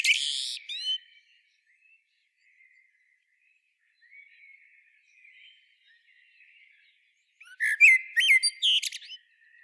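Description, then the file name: Common blackbird: a high squeaky twitter at the start, several seconds of faint quiet notes, then another burst of whistles and shrill twittering. "Turdus merula"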